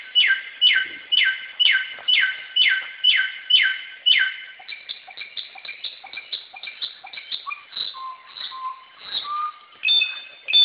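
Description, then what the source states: Samyong song: loud downslurred whistled notes repeated about twice a second, then a softer varied chatter with a few low, flat whistles. Recorded in forest.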